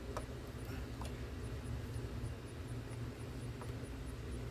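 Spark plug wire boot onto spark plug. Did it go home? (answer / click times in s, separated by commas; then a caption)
no / none. A rubber spark plug wire boot is pushed onto a spark plug in an engine bay, with a steady low hum throughout and two brief faint ticks near 0.2 s and 1.0 s. No snap is heard or felt, so the boot has not seated or clicked on yet.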